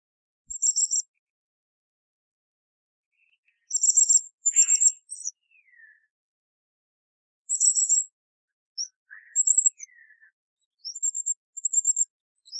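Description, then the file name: Philippine hanging parrot calling with shrill, high buzzy double notes in clusters, plus a few short down-slurred squeaks between the bursts. "colasisi"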